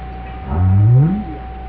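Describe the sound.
Whale call: a low moaning tone that rises slowly in pitch over about three quarters of a second, with harmonics above, over steady low hum and a constant faint tone.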